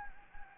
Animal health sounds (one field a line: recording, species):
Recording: mosquito wingbeat signal from an infrared sensor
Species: Anopheles gambiae